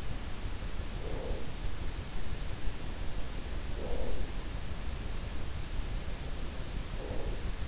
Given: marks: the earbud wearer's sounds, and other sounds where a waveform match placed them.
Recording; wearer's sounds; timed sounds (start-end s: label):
sounds in sleep by an in-ear microphone; breath
0.53-1.79 s: breath
3.61-4.75 s: breath
6.57-7.68 s: breath